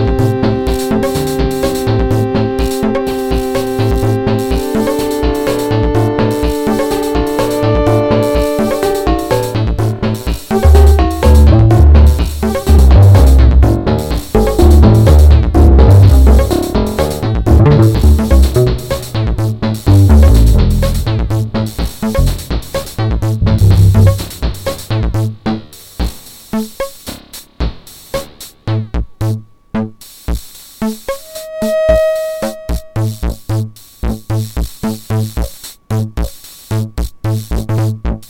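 A shifting mix of environmental sounds and hard blips. Steady held tones fill the first ten seconds, then a dense, pulsing low rumble builds to about 24 seconds. After that, sharp, clipped blips repeat rapidly, with a brief pure whistle around 32 seconds.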